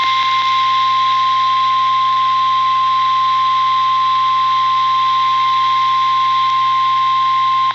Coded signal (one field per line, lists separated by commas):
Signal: Emergency Alert System (SAME) tones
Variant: 1050 Hz attention tone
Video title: (EAS) #2 Flash Flood Warning